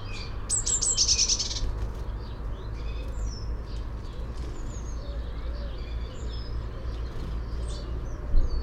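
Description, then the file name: Eurasian blue tit call near the start: thin high notes then a dry, rapid scolding churr, followed by faint twittering from other birds over a low rumbling background. "Cyanistes caeruleus"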